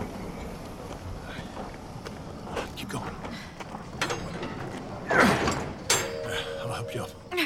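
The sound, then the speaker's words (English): The heavy sliding metal door of a railroad boxcar rolls open with a grinding, screeching scrape and scattered clanks and rattles, ending in a loud, harsh burst of metallic friction partway through. “See that boxcar? Yes. The door hasn't been closed properly. We can get in.”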